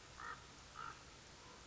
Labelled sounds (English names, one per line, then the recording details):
Common Raven
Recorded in Sonoma County, California